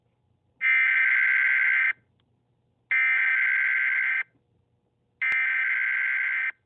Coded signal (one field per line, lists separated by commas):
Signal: Emergency Alert System (SAME) tones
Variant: header bursts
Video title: EAS For All Culver Clan Watch Now!!!!!!!!